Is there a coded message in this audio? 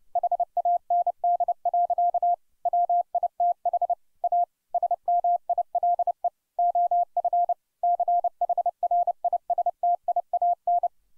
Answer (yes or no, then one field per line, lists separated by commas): yes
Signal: Morse code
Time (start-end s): 0.2-10.9 s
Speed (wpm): 29 wpm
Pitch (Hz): 700 Hz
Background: none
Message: HAND. WITH A SMILE OF CHRISTIAN